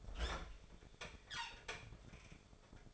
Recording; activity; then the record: daily activity, microphone in the room; open fridge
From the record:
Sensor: 5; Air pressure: 1004.7 hPa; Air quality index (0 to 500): 162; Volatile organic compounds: 3 ppm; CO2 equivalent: 1523 ppm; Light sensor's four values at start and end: 20/45/18/16 and 21/48/19/18